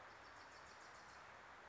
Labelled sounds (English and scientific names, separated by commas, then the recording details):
Wilson's Warbler (Cardellina pusilla)
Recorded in Sonoma County, California